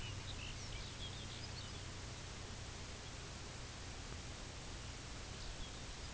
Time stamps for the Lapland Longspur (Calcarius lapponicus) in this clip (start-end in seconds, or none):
0.00-1.93, 2.89-3.28, 5.07-6.13